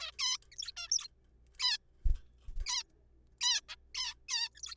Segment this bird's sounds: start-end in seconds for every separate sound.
0.01-0.11, 0.19-0.37, 0.52-0.56, 0.59-0.72, 0.77-0.87, 0.91-1.08, 1.60-1.77, 2.66-2.83, 3.41-3.60, 3.69-3.75, 3.95-4.13, 4.29-4.49, 4.55-4.62, 4.63-4.75